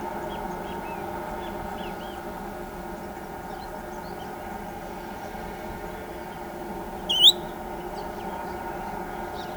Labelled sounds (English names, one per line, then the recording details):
Great Kiskadee
Ochre-lored Flatbill
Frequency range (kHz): Great Kiskadee 2.0-3.7 kHz
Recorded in pastures near Pivijay, Magdalena, Colombia, on 15 April 2023 at 12:00
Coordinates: 10.456, -74.369
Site P6-G026